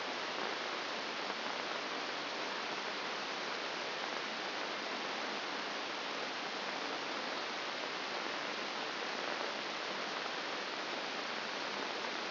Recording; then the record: brain microelectrode recording played as sound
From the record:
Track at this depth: inside the subthalamic nucleus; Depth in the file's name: 4.302 mm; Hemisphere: left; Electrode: 2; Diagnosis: Parkinson's disease